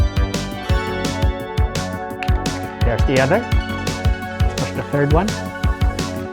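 Someone handles the third of three yellow plastic lock clips on a die-cast toy robot trailer body, pressing it down so the other end will lock, with short plastic taps and knocks over music while someone talks. Nothing has seated or clicked yet when the clip ends.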